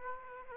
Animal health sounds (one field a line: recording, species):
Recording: mosquito wingbeat signal from an infrared sensor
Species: Aedes aegypti